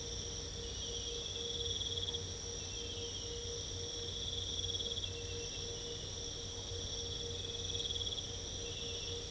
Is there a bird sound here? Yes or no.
no